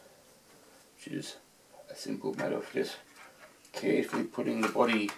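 Someone talks while the plastic body shell of an HO scale model railcar is handled to be pushed back onto its chassis after DCC fitting. Nothing has seated or clicked yet.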